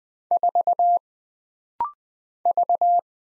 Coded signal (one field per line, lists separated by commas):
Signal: Morse code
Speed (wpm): 20 wpm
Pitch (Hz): 700 Hz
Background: none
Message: 4 V